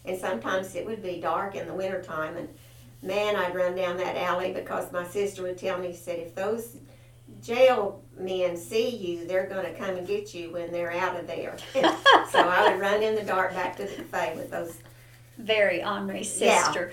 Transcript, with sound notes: And sometimes it would be dark in the winter time and man I'd run down that alley because my sister would tell me-- said, "If those jail men see you, they're gonna come and get you when they're out of there." (Laughter) So I would run in the dark back to the café with those--
Very ornery sister.